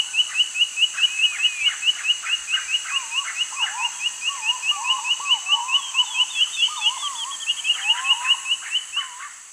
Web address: Natures Songs S America Eastern Lowlands. Legatus leucophaius, fast alternate song